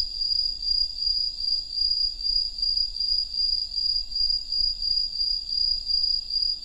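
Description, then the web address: Cricket singing a pure, high trill that pulses evenly, swelling about two to three times per second throughout. "Hoerbeispiele Grillen"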